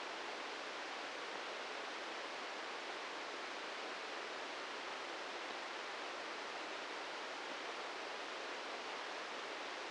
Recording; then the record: brain microelectrode recording played as sound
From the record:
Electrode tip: inside the subthalamic nucleus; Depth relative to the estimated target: -2 mm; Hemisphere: right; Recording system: NeuroSet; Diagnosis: Parkinson's disease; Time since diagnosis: 13 years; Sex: male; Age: 63 years